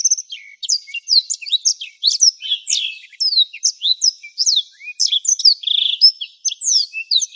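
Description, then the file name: Black-throated Canary: blackthroat with an unbroken, fast, high warbling song of sweeping chirps, downslurred whistles and short buzzy trills. "suara burung blackthroat"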